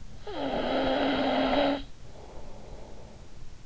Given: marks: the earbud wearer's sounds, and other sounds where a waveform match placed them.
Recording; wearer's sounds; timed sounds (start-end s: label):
sounds in sleep by an in-ear microphone; snoring breath
0.15-3.55 s: snoring breath